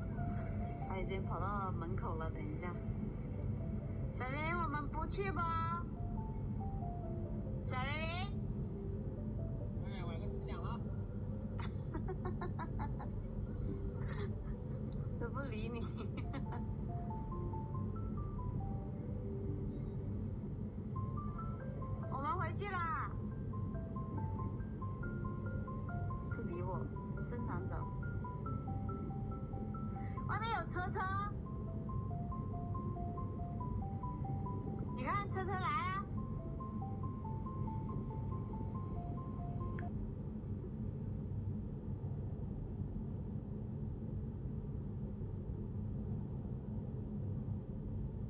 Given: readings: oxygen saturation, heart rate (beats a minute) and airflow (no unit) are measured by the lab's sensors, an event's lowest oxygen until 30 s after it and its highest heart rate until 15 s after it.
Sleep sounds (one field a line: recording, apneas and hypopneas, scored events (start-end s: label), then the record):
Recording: a person awake in a sleep study, by a smartphone at the bedside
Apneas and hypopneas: none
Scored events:
0.00-48.30 s: awake
From the record:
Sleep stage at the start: awake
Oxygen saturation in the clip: 94 to 95%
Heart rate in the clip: 74 to 81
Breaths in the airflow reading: 12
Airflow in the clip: -4.7 to 5.7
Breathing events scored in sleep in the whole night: 131 in 7.2 hours asleep